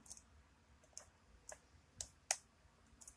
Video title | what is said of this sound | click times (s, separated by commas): #128 "Hiro" by blp60 picked and disassembled | just gave me a nice click. A little bit of core movement. | 2.3 s